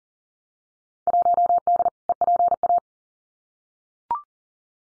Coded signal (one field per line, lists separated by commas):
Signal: Morse code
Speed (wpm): 39 wpm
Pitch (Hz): 700 Hz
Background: none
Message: 1D EPA